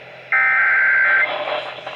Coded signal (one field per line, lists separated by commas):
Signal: Emergency Alert System (SAME) tones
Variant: header bursts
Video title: A MARINGAL RISK OF SEVERE STORMS OF TEXAS EAS Alerts from 1/7/23 (EAS#68 & #80)